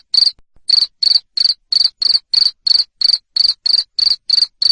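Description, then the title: Loud cricket chirps, each a short shrill burst, repeated steadily about three times per second following a brief pause. Loud cricket chirping played to make lovebirds sing continuously. "Suara JANGKRIK NGERIK Keras Bikin LOVEBIRD Jadi NGEKEK Terus Vubey"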